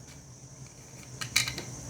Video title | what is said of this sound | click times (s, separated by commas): Mouse Mice Rat Snap 20 Pack Unboxing and Review | Put it in here. Turn it to the right to lock it in place. And that's it. | 1.4 s